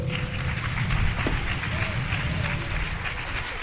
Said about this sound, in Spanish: Un fuerte aplauso.